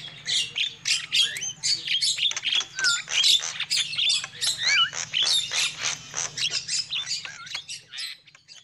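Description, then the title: Lovebird calls, rapid piercing chirps mixed with short rising and falling whistled squeaks, busy and continuous over a steady low hum. Lovebird calls used as a lure for trapping. "PIKAT BURUNG LOVEBIRD"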